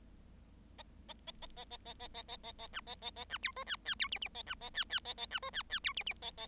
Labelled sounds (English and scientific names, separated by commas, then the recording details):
Bengalese Finch (Lonchura striata domestica) song
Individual Bird7